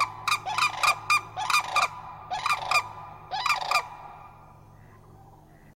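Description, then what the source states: Crane calls in clustered bursts of harsh, rolling trumpeting notes, several groups in quick succession, fading out into quiet near the end. Cranes calling together in unison.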